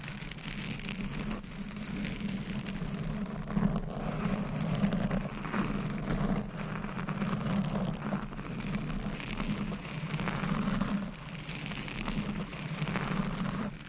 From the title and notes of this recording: Mic Scratching ,Tapping,Brushing & Massage -No Talking.